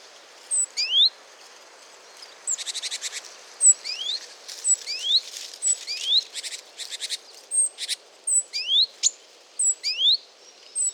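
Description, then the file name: Great tit giving many quick rising whistled notes mixed with repeated scratchy buzzing chatters and thin high squeaks, a busy stretch of calling throughout. "Parus major"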